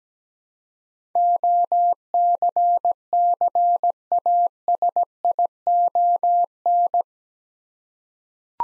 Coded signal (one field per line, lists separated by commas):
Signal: Morse code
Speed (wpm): 17 wpm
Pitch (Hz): 700 Hz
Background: none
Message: OCCASION